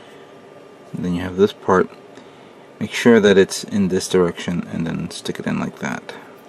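A plastic wrist-area part from a 1/100 MG Dark Hound Gundam model kit is turned to the right direction and pushed toward its socket in the wrist collar assembly while someone talks. Nothing has seated or clicked yet.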